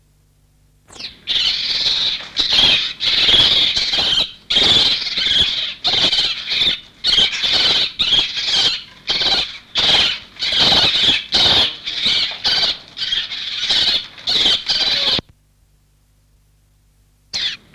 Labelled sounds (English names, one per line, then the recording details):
Siberian Chipmunk call
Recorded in captivity
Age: adult
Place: Tierpark Berlin, Berlin, DE
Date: 1966-06-28
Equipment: Englisches Reportergerät, Kopie Qualiton
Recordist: Altmann, Dagmar